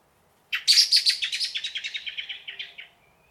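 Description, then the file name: Common blackbird giving a loud, harsh chattering call, a fast series of clipped notes that fades over about two and a half seconds. "Turdus merula"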